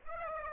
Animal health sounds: mosquito wingbeat signal from an infrared sensor; Aedes aegypti

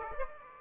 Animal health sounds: mosquito wingbeat signal from an infrared sensor; Aedes aegypti

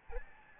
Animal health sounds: mosquito wingbeat signal from an infrared sensor; Aedes albopictus

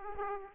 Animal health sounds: mosquito wingbeat signal from an infrared sensor; Aedes aegypti

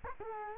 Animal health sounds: mosquito wingbeat signal from an infrared sensor; Culex quinquefasciatus

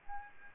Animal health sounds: mosquito wingbeat signal from an infrared sensor; Aedes albopictus

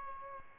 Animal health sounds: mosquito wingbeat signal from an infrared sensor; Aedes albopictus

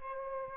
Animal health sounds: mosquito wingbeat signal from an infrared sensor; Aedes albopictus

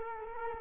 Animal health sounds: mosquito wingbeat signal from an infrared sensor; Culex quinquefasciatus

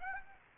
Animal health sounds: mosquito wingbeat signal from an infrared sensor; Aedes aegypti

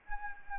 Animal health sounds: mosquito wingbeat signal from an infrared sensor; Anopheles arabiensis

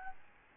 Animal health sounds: mosquito wingbeat signal from an infrared sensor; Aedes albopictus

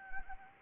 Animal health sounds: mosquito wingbeat signal from an infrared sensor; Anopheles arabiensis

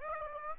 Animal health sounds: mosquito wingbeat signal from an infrared sensor; Aedes aegypti

